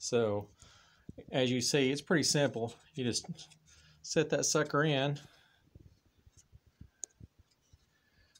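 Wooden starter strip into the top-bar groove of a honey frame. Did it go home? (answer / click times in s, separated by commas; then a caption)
partly / 7.0 s. Someone talks, then a wooden starter strip is set into the top-bar groove of a wooden comb honey frame and pushed down by hand, giving one sharp contact sound at 7.0 s followed by a few faint taps. The strip is a little too thick on one side, so it is not fully seated.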